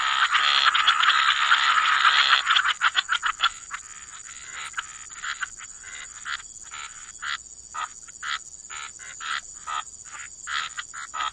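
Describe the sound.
Frog chorus, loud continuous croaking at first, then quieter short croaks repeated rapidly and fairly regularly, with a steady hiss.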